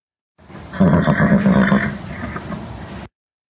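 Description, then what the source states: Fjord horse nickering, a low, soft, rapidly pulsed rumble, louder at first and then quieter. Fjord gelding; usually whinnies when his owner gets out of the car; captured on video; the hosts described it as a flirtatious little nicker.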